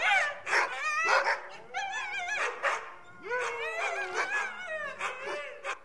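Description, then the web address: Husky: huskies barking and whining together, harsh barks mixed with rising and falling yelps and wavering high whines, several dogs calling at once throughout. A pack of several dogs barking together. "suono branco di cani che abbaia husky"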